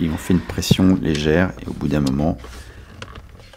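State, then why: Seated. The plastic housing of a HUD screen for a Tesla Model 3 or Y is pressed lightly into the dashboard trim while someone talks. The trim clips snap in with a click at 3.0 s, followed by a few fainter ticks, and the housing is seated.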